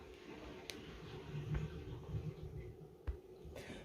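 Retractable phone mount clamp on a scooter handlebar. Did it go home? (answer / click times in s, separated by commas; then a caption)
yes / 0.7 s. A retractable phone mount clamp on the handlebar of a Xiaomi M365 scooter is worked by hand, giving a sharp click at 0.7 s as it locks into place. Two softer knocks follow at about 1.6 s and 3.1 s over a low background hum.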